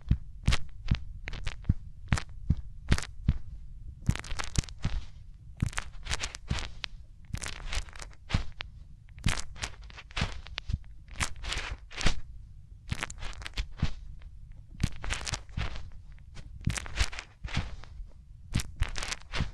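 Hands rub over ears in a steady stream of soft, bright swishes and scratchy brushes, many per second with few pauses. Beneath them runs a low, muffled rumble that thumps along irregularly. No voice is heard.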